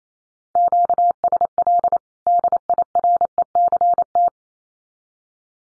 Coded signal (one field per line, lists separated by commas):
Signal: Morse code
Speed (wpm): 28 wpm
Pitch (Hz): 700 Hz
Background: none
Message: QSL DIRECT